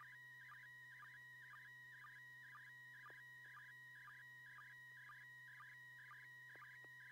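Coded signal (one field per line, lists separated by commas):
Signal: SSTV (slow-scan television)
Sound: steady warbling tone with quick chirpy dips repeating about twice a second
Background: low hum, steady background tones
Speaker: TV net this net serves for training and practice in image transmission modes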